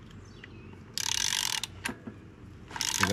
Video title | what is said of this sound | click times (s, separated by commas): On change l'embrayage de la 104 EP4 | Tu entends le clic ? Ouais. Ça ça veut dire que tu as tu es au bon serrage, | 1.0 s